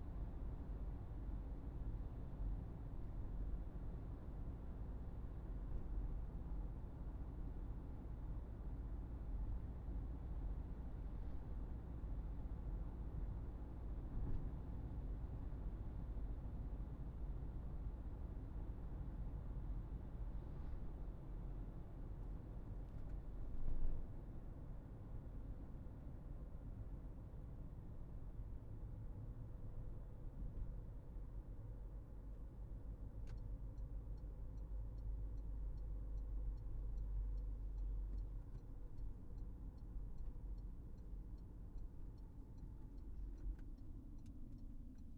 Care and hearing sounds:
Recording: everyday scene through a hearing-aid microphone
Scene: in a vehicle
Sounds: engine, traffic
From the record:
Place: Berlingo II, diesel engine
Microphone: behind the ear, right, front

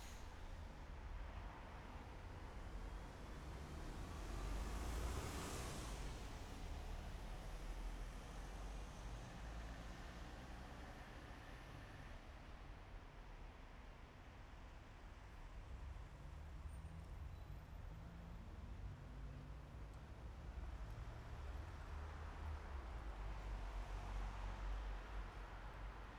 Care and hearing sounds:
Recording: everyday scene through a hearing-aid microphone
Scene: in traffic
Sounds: traffic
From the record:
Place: bus stop on a city main road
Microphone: behind the ear, right, front

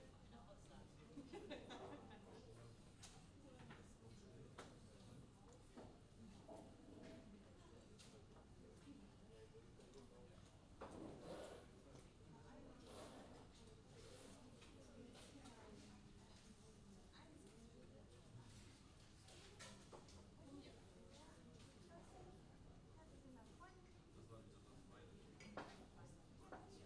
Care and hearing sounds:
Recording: everyday scene through a hearing-aid microphone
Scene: many people talking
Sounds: many voices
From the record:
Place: university cafeteria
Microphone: in the ear canal, left

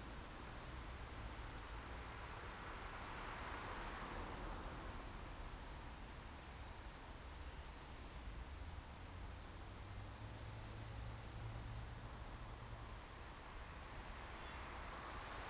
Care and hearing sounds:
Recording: everyday scene through a hearing-aid microphone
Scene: in traffic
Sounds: traffic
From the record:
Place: main city hub, rush hour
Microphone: in the ear canal, right

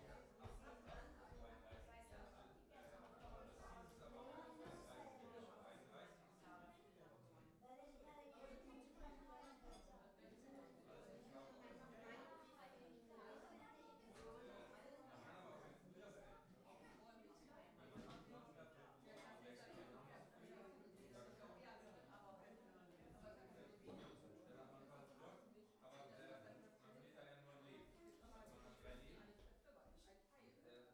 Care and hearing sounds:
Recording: everyday scene through a hearing-aid microphone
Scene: many people talking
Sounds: many voices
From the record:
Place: parish hall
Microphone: behind the ear, right, rear

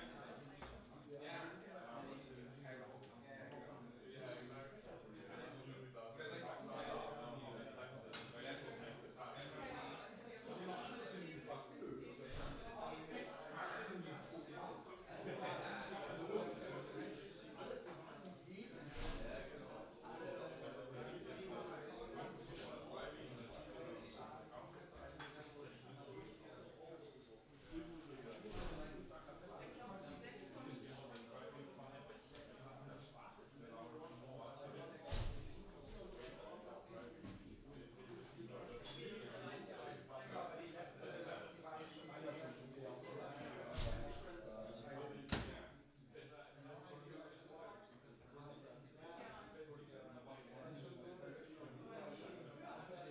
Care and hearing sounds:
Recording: everyday scene through a hearing-aid microphone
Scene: many people talking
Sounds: many voices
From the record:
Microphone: in the ear canal, left

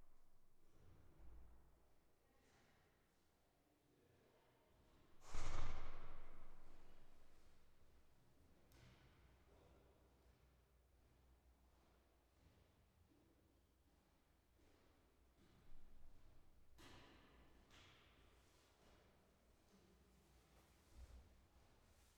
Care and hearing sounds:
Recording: everyday scene through a hearing-aid microphone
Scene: reverberant space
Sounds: background noise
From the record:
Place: staircase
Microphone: behind the ear, right, front

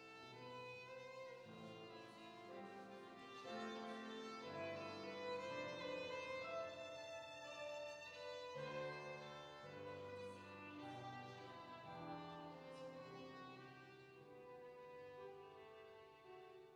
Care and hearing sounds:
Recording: everyday scene through a hearing-aid microphone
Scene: reverberant space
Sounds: music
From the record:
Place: church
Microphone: in the ear canal, right

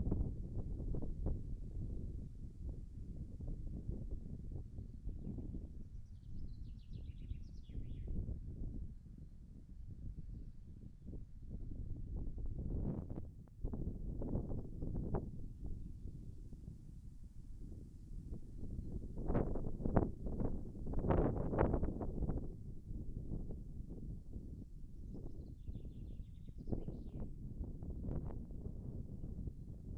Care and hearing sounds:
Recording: everyday scene through a hearing-aid microphone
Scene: wind on the microphone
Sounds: wind, birds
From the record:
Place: in front of a rural house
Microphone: behind the ear, left, rear

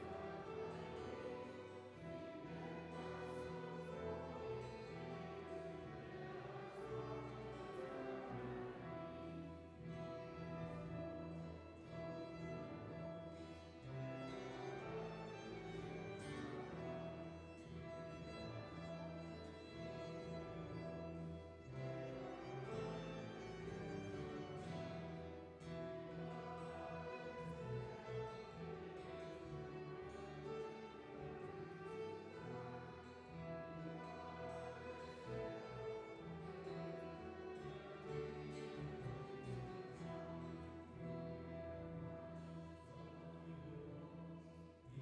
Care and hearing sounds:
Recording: everyday scene through a hearing-aid microphone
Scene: reverberant space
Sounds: music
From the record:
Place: church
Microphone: behind the ear, right, rear

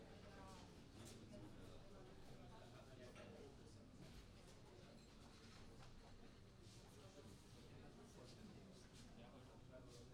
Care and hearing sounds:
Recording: everyday scene through a hearing-aid microphone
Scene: many people talking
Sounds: many voices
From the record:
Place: university cafeteria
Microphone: in the ear canal, right

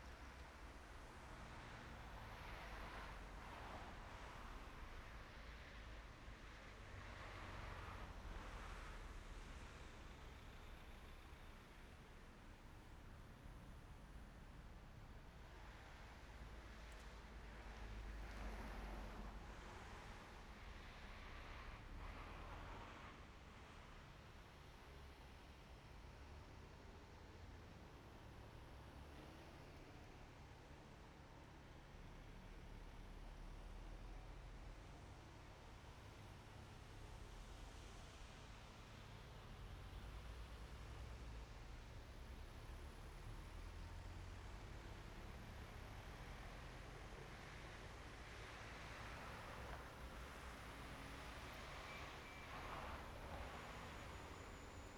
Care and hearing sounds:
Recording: everyday scene through a hearing-aid microphone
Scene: in traffic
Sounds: traffic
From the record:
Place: main road on the outskirts, rush hour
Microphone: behind the ear, right, front

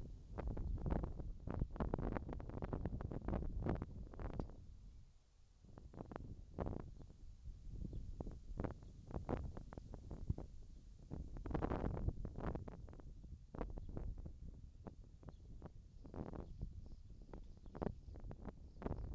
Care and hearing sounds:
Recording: everyday scene through a hearing-aid microphone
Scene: wind on the microphone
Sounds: wind, whistling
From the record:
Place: in front of a rural house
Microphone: in the ear canal, left

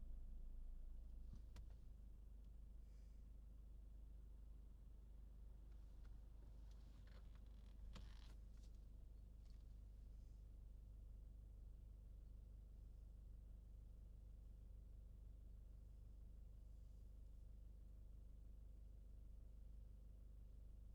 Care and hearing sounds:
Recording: everyday scene through a hearing-aid microphone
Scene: in a vehicle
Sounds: engine idling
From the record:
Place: Berlingo II, diesel engine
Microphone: in the ear canal, left

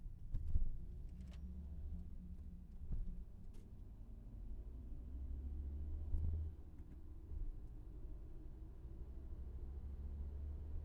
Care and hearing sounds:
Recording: everyday scene through a hearing-aid microphone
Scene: in a vehicle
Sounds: engine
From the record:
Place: VW T5 Caravelle, diesel engine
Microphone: behind the ear, left, rear

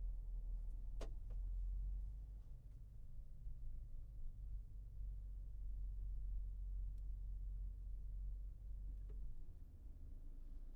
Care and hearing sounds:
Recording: everyday scene through a hearing-aid microphone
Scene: in a vehicle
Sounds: engine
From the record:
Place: Berlingo II, diesel engine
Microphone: behind the ear, left, rear

